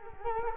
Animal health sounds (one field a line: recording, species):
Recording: mosquito wingbeat signal from an infrared sensor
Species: Culex quinquefasciatus